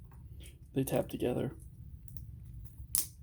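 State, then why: Seated. Someone talks while the plastic feet on an action figure leg, a Transformers Revenge of the Fallen Bruticus Maximus transforming figure, are rotated back up. A loud, sharp click at 2.9 s marks the feet locking into place, with a few faint ticks just before it.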